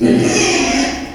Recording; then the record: squeal of a Yucatan mini pig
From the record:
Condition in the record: after surgery on the right vocal fold (resection and tissue-engineered implant); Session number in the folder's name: 2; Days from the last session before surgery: 13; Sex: male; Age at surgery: 12 weeks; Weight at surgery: 13 kg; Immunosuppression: cyclosporine, prednisolone